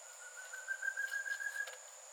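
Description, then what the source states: Thicket antpitta song, a run of soft hollow whistles that swell and climb a little before stopping abruptly; continuous shrill insect tone in the background. Recorded on 22 July 2017; eight songs captured.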